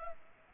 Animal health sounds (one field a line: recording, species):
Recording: mosquito wingbeat signal from an infrared sensor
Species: Culex pipiens